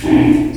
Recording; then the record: squeal of a Yucatan mini pig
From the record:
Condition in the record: before surgery on the right vocal fold (resection and tissue-engineered implant); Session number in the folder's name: 1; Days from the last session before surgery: -21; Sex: female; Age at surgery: 19 weeks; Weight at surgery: 25 kg